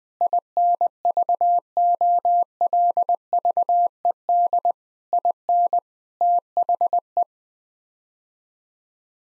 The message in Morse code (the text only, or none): INVOLVED IN THE